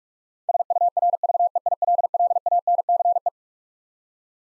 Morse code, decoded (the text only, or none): SURVEILLANCE